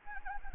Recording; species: mosquito wingbeat signal from an infrared sensor; Anopheles arabiensis